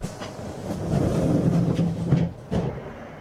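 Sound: train moving along rails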